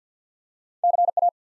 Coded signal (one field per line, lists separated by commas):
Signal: Morse code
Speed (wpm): 50 wpm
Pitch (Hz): 700 Hz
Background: none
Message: CA